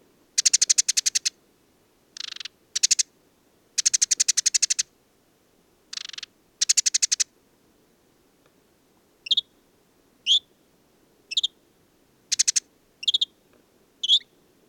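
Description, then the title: Desert Sparrow song opening with loud buzzy rattling trills, then a string of short, clear chirped notes spaced about a second apart. Male perched atop an acacia, Mayateg oasis, Mauritania, 22 February 2019; song of twitters, trills and improvisations recalling Common Linnet; no wind; parabolic dish, MixPre-3 recorder. "Le Moineau blanc du désert - Mauritanie"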